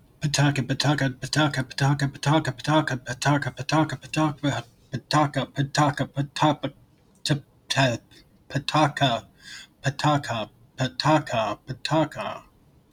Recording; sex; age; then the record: repeated syllables /pa ta ka/; male; 40 to 49 years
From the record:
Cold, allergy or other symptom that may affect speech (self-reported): no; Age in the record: 45 years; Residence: United States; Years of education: 12